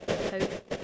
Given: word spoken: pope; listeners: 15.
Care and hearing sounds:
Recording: one English word in noise, from a listening test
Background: noise modulated by three-talker babble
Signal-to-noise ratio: -4.9 dB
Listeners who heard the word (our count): 2 of 15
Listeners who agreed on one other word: 6 of 15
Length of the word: 0.44 s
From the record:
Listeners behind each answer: 6, 5, 2, 1, 1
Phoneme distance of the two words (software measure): 10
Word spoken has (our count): 1 syllable, 3 phonemes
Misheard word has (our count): 1 syllable, 3 phonemes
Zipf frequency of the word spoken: 4.28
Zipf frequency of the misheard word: 3.57

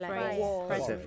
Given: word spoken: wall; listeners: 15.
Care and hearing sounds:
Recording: one English word in noise, from a listening test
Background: four-talker babble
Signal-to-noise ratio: -0.6 dB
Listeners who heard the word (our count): 3 of 15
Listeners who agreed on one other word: 7 of 15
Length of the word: 0.67 s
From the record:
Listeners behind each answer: 7, 3, 2, 1, 1, 1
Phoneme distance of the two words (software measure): 7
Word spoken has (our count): 1 syllable, 3 phonemes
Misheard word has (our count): 1 syllable, 2 phonemes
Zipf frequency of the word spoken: 5.05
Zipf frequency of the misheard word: 5.34

